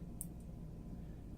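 The hinged door of a RapidSPLICE RS-1822-2 two-way wire splice connector sits over zip cord, handled with a CT1 crimp tool as it is about to be pressed closed. Only a brief, faint high tick near 0.2 s rises over a steady low hum. Nothing has seated or clicked yet.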